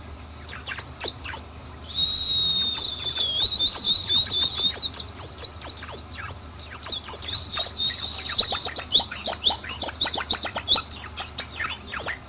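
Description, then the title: White-eye song: a long, fast, high-pitched warbling chatter, jumbled twitters running almost without pause, some notes sliding and buzzy. Pleci 'Mr. Kebo', Malang, East Java. "Pleci Mr. Kebo Malang - Jawa Timur"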